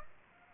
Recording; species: mosquito wingbeat signal from an infrared sensor; Aedes aegypti